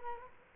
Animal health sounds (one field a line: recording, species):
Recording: mosquito wingbeat signal from an infrared sensor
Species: Culex quinquefasciatus